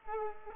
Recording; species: mosquito wingbeat signal from an infrared sensor; Culex pipiens